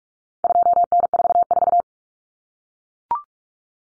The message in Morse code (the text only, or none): 2N44